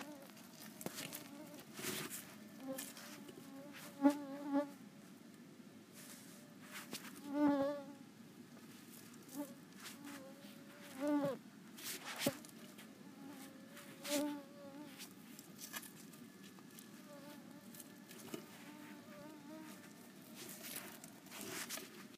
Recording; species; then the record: mosquito flight sound by mobile phone; Culex tarsalis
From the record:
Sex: female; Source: PrakashLab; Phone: iPhone 4S